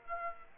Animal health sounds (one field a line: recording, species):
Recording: mosquito wingbeat signal from an infrared sensor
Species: Aedes aegypti